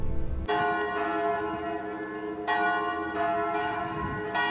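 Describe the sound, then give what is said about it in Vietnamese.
A church bell from the church next door tolls in slow, uneven strikes, each ringing out with rich, shimmering overtones that hang and blend into a continuous metallic hum between blows. “Chuông nhà thờ bên cạnh đã vọng.”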